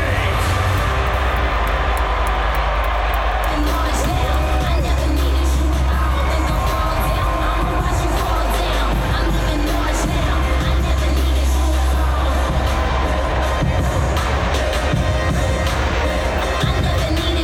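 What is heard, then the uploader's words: Wrestling crowd at the Barclays Center: a dense, steady roar of many voices with cheers and whoops rising and falling throughout. A deep low rumble runs underneath, and sharp thuds and bangs break through every few seconds, especially around the middle. Wwe wrestling at Barclay center. Wrestling sounds.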